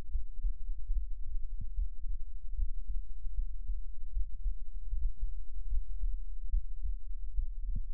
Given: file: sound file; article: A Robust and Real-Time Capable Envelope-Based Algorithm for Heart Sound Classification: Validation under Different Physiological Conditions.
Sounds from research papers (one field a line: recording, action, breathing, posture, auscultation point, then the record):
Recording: heart sounds by electronic stethoscope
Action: rest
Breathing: normal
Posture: sitting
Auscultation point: Erb’s point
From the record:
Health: healthy, no known heart disease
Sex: male